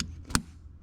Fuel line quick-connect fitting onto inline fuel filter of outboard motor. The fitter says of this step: this side in. You'll hear it snap. That's how you know you have it on far enough,